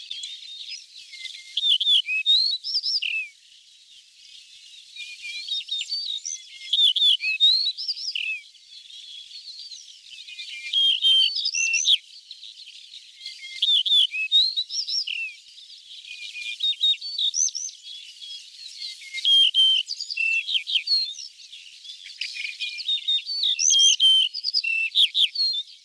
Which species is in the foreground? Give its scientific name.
Emberiza aureola